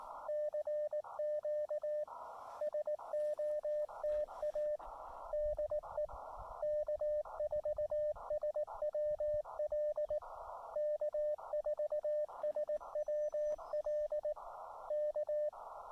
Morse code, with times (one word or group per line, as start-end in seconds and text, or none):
0.3-2.0 CQ
2.6-4.8 SOTA
5.3-6.1 DE
6.6-10.2 K4SWL
10.8-14.3 K4SWL
14.9-15.5 K